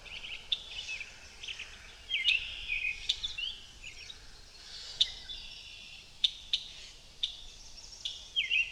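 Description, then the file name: Blackbird singing short warbled phrases with a few sharp high clicks and chips between them, against a soft steady background hiss. Recorded in the countryside at a pond. "Amos Pond Blackbirds"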